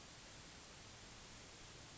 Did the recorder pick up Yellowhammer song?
no